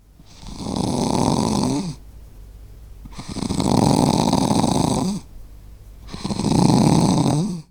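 Animal snoring sound: three long, rasping, noisy breaths, each about one and a half to two seconds, repeating roughly every three seconds.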